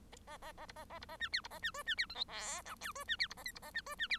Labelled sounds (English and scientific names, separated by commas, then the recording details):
Bengalese Finch (Lonchura striata domestica) song
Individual Bird1